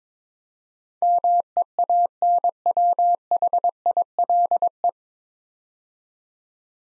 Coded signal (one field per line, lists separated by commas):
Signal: Morse code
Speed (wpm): 22 wpm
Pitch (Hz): 700 Hz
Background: none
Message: MEANWHILE